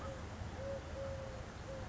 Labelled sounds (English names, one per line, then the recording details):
Eurasian Collared Dove
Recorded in Sonoma County, California